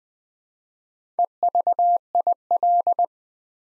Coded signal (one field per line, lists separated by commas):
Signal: Morse code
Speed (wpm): 20 wpm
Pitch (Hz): 700 Hz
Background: none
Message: EVIL